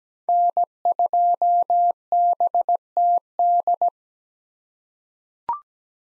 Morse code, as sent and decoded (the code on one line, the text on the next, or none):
-. ..--- -... - -..
N2BTD